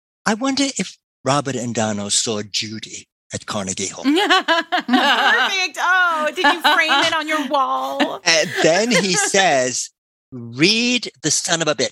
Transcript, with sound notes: "I wonder if Robert and Donough saw Judy at Carnegie Hall?" (laughter) Perfect! Ohhh! Did you frame it on your wall? And then he says, "Read the son of a bitch."